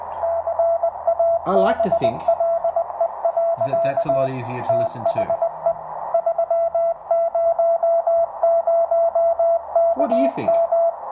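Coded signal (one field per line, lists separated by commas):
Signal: Morse code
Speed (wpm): 20 wpm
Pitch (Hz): 670 Hz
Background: speech, radio noise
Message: CABLE. THE 300KM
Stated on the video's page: CW heard through a homemade narrow-band audio filter for CW.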